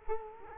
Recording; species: mosquito wingbeat signal from an infrared sensor; Culex quinquefasciatus